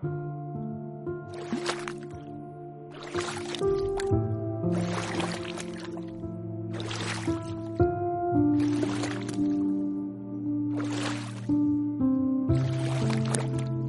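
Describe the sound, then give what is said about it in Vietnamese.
Rhythmic splashing of oars or paddles pulling a boat slowly away from a landing through water, one whooshing stroke about every second and a half, over a steady low tonal music bed. “Chiếc ghe từ từ thách bến.”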